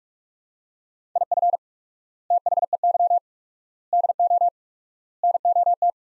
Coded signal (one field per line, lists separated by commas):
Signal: Morse code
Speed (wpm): 42 wpm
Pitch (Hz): 700 Hz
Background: none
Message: IF THEY DO NOT